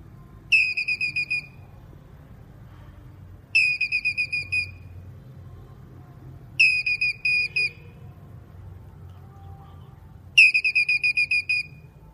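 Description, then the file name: Squirrel call: four bursts of quick, high, clear chirps in a fast series, repeated every three to four seconds, over low background hum. Male squirrel calling. "Tieng soc duc keu"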